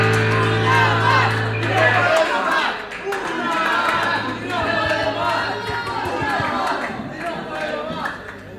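A crowd claps and cheers steadily, a dense wash of applause with scattered shouts and whoops, while a low steady hum fades out early on.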